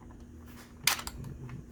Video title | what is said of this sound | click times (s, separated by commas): 2004 Hasbro Y-wing Comparison to the 1983 Kenner Release | release releases really nicely and it also has kind of a locking part if you push it all the way forward | 0.9 s